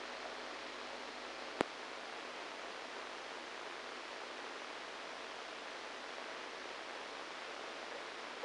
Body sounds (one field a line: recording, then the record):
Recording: brain microelectrode recording played as sound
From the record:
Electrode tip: inside the subthalamic nucleus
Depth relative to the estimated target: -2 mm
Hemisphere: right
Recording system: NeuroSet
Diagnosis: Parkinson's disease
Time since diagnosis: 7 years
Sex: male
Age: 69 years